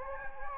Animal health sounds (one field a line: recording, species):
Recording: mosquito wingbeat signal from an infrared sensor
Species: Anopheles gambiae